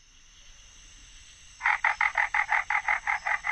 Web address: Songs of Frogs Toads of North America. Florida Bog Frog